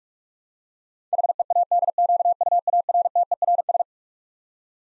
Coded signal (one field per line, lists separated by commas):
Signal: Morse code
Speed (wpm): 44 wpm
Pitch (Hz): 700 Hz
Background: none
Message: HEADQUARTERS